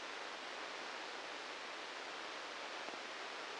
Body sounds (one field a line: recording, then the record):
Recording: brain microelectrode recording played as sound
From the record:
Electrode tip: inside the subthalamic nucleus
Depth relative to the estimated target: -3 mm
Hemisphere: left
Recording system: NeuroSet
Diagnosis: Parkinson's disease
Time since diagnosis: 19 years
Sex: female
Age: 69 years